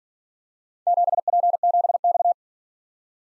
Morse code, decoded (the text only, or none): 7P7X